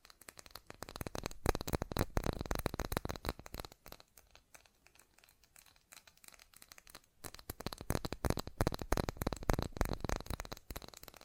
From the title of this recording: ASMR Fast Tapping